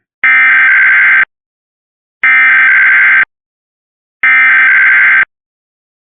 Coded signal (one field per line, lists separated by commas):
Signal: Emergency Alert System (SAME) tones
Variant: header bursts